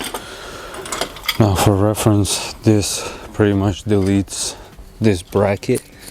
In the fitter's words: on like that and your bumper Clicks in